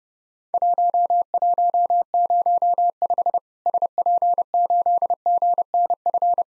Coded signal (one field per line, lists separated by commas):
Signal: Morse code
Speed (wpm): 32 wpm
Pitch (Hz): 700 Hz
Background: none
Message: 1105 SP8GNF